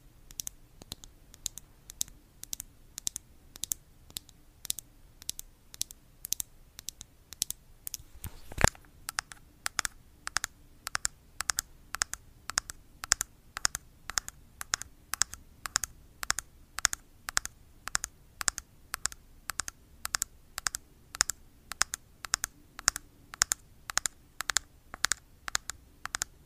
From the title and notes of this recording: Blue yeti microphone. Asmr tapping.